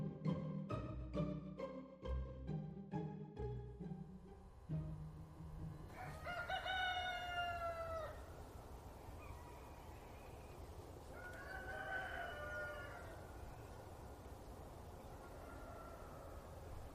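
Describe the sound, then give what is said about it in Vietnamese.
In the morning, a jungle fowl crows a few times, each call a drawn-out, rising-then-falling cry, with a rhythmic clattering start and a steady low rumble of background noise throughout. “Sáng hôm sau, khi tiếng gà rừng vang dội, tôi thức dậy để chuẩn bị mọi thứ qua làng bên xem tình hình.”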